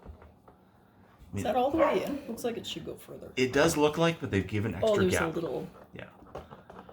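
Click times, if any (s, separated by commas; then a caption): 6.7 s. Someone talks while the motor cable plug of a blue Seville Classics AirLIFT Pro glass-top sit-stand desk is pushed further into the control box socket after doubt about whether it is fully in. A small click is heard at 6.7 s as the plug latches, and it is seated.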